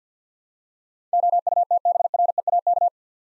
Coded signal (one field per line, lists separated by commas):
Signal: Morse code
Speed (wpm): 50 wpm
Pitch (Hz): 700 Hz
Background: none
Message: OUTBREAK